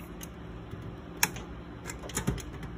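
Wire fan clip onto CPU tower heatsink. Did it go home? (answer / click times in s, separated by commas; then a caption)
yes / 1.2 s. The second wire fan clip, already hooked onto the fan, is pushed forward with the right thumb until it snaps onto a TRUE Spirit 90M REV.B CPU tower heatsink on an LGA 1150 socket. A sharp, bright click at 1.2 s marks the clip catching and seating, with a few softer ticks around 1.9–2.2 s against a low steady hum.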